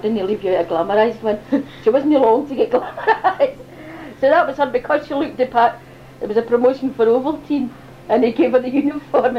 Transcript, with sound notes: I didn't leave you out a glamourised one. She wasn't long to get glamourised! [laughs] So that was her. Because she looked the part, it was a promotion for Ovaltine and he gave her the uniform!